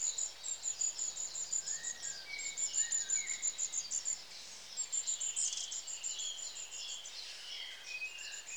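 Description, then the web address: Long-tailed tit calls: rapid strings of very high, thin see-see notes, with a few lower notes mixed in, continuing throughout. "The BBC Sound Effects Library. Long Tailed TIT"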